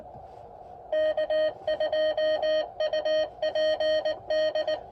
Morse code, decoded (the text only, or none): K2UPD